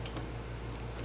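A Bucktool 16-inch scroll saw's tilting table is being swung back toward its zero-degree square detent stop after the locking handle is loosened. A soft tick around 0.1 seconds rises briefly over a steady low hum. Nothing has seated or clicked into the stop yet.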